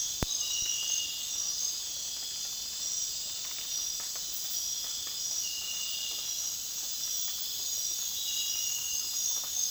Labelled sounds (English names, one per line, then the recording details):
none
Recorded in dense forest near Puerto Asís, Putumayo, Colombia, on 19 June 2025 at 23:00
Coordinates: 0.466, -76.327
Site GP04